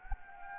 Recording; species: mosquito wingbeat signal from an infrared sensor; Anopheles gambiae